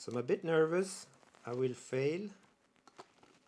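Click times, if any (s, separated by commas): none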